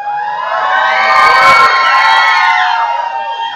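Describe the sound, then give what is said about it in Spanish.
A church audience shouts together during a sermon, many overlapping voices raised in a loud, sustained roar of cries and whoops that holds steady for several seconds, peaking briefly midway. “Bueno, para ganarse la atención de Jesús hay que gritar.”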